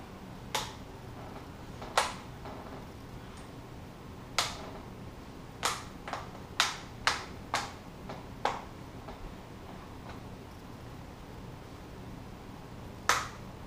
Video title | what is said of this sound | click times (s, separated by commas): Laptop screen replacement / How to replace laptop screen for Dell Inspiron15R 5537 | around it make sure everything snaps back in position | 2.0 s, 4.4 s, 6.6 s, 7.1 s, 13.1 s